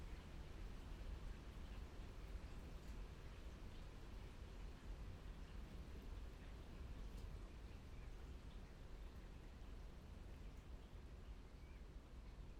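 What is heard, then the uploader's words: Rain falls in a steady, dense wash that holds the same level for the whole stretch, with a deep, constant rumble underneath. A few faint clicks and taps stand out now and then, around the two- and seven-second marks, but nothing else breaks the even sound. Rain and Thunder near Aschberg.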